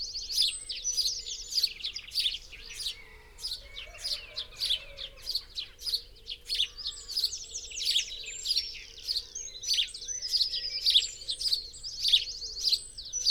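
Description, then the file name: House sparrow chirping, busy overlapping chirps in a steady stream, with a faint low hum in the background. "Passer domesticus"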